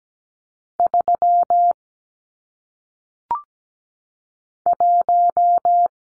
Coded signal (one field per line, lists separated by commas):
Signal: Morse code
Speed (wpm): 17 wpm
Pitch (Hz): 700 Hz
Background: none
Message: 3 1